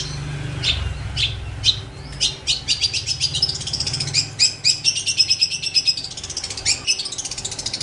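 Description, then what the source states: Long-tailed shrike song: varied high chattering, with sharp separate notes giving way to rapid trills and scratchy phrases, over a low rumble. Master song recording used for training songbirds; local name cendet.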